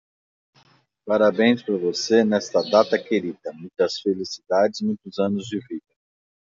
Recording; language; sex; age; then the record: short text; Brazilian Portuguese; male; 50 to 59 years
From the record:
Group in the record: control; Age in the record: 50 years